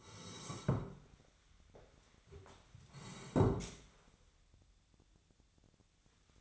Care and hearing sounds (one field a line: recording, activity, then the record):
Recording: daily activity, microphone in the room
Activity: sit down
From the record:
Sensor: 3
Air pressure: 1015.2 hPa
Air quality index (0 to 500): 173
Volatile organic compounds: 15 ppm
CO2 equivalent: 2485 ppm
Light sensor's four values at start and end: 14/37/15/16 and 14/37/14/16